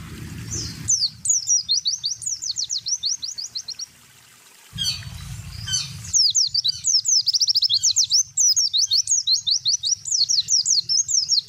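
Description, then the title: Spiderhunter song: long runs of high, rapid, sharply slurred notes, several per second, broken by short pauses and bursts of low rumbling noise. Long, clear, energetic song; bird-training tutor recording. "Pijantung Gunung Gacor Jernih Panjang"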